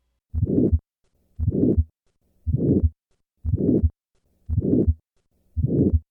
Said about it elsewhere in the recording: A to and fro murmur as it approaches the second heart sound. I will begin with just the systolic component of aortic stenosis and then add the diastolic component of aortic regurgitation.